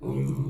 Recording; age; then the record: pig call; weaner (32 to 43 days)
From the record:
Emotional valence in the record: negative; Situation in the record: novel object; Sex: female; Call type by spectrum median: low-frequency call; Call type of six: low-frequency stable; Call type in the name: low-frequency stable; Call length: 0.50 s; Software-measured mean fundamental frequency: 66 Hz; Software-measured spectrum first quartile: 136 Hz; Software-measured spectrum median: 189 Hz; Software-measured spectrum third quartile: 359 Hz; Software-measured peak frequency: 147 Hz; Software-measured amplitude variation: 156 dB a second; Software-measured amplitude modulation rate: 15.0 a second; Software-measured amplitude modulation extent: 10.4 dB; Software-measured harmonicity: 2.7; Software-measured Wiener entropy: -0.52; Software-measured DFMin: 942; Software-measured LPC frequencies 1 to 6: 257, 976, 2246, 2915, 3557, 5692 Hz